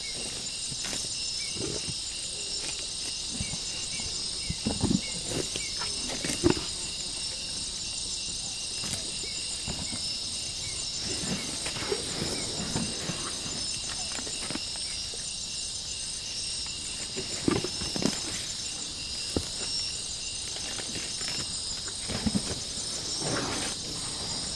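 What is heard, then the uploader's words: A forest elephant moves close to the microphones in a young rainforest at evening, its heavy steps and rustles thudding in low bursts around five, twelve, eighteen and twenty-two seconds. Behind it, insects keep up a dense, steady, high-pitched drone throughout. Gabon - Young Rainforest - Evening - Big Mammal Around Mics. Forest elephant getting a bit too close to my rig, somewhere in Central Gabon.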